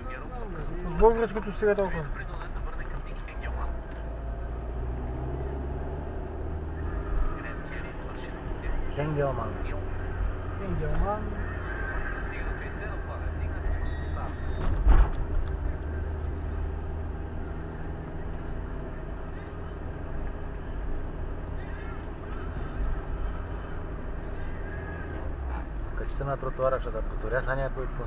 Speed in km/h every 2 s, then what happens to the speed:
22, 21, 25, 34, 37, 35, 32, 30, 32, 33, 33, 33, 33, 30.
3-7 speeds up to 37. 13-25 steady at about 33.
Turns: none.